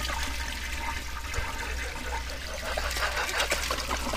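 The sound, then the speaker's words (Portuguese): A toilet flushes with a steady, rushing gush of water that churns and gurgles for several seconds, broad and noisy without letting up, with no voices. “Pra que que vão soltar descarga, logo descarga, né? Pra que um descargão de fundo?”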